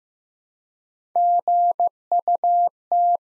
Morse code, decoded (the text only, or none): GUT